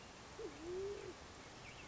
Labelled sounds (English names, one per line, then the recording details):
Band-tailed Pigeon
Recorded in Sonoma County, California